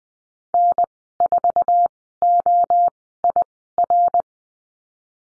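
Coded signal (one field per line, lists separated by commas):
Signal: Morse code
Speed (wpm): 20 wpm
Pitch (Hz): 700 Hz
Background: none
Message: N4OIR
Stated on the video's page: Morse lesson drill on the letter R and call signs, sent at Farnsworth speed 20/10 wpm.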